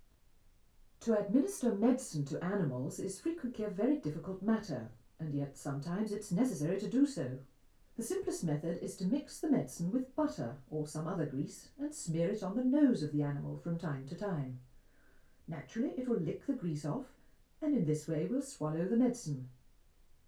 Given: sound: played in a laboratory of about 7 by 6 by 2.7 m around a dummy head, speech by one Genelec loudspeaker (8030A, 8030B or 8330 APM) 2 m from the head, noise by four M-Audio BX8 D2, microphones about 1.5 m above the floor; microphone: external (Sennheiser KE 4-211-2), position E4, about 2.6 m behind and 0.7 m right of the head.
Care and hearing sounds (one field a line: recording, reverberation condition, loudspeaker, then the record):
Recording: female speech in English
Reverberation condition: low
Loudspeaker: 150 degrees to the left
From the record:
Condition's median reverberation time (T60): about 310 ms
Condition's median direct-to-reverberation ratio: about 3.5 dB